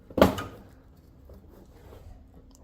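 A screwdriver pushes the second side of a plastic tub wear pad down into the holes of the metal tub support on a washing machine. One sharp click is heard at 0.2 s, followed by faint low rumble and small taps. The wear pad seats in place, flush with the metal surface.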